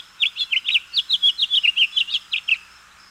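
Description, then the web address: House finch singing a rapid, jumbled warble of short slurred notes, bright and varied, running steadily for about two and a half seconds. "101 Bird Songs. House Finch"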